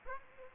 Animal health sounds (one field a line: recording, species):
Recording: mosquito wingbeat signal from an infrared sensor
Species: Aedes aegypti